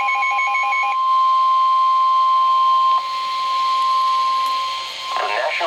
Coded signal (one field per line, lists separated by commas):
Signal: Emergency Alert System (SAME) tones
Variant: 1050 Hz attention tone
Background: speech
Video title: Flash Flood Warning for DC and Suburbs [EAS 905-907] | NOAA Weather Radio (6/28/2013)